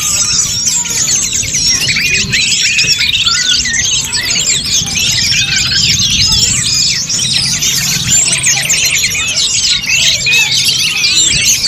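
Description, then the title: Many birds chirping at once: quick high twitters, short trills and slurred whistles pour out without break. "SuaraBurung Kicau"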